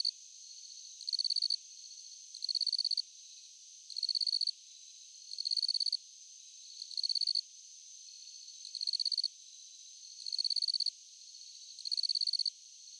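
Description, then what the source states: Crickets chirping in high, pulsed bursts of about half a second, repeated roughly every one and a half seconds over a steady high background trill. Crickets at night.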